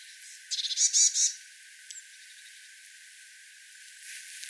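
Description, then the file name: Eurasian blue tit calling, four rapid high ticking notes leading into three drawn-out buzzy scolding notes, followed by faint chirps and quiet background. "Cyanistes caeruleus"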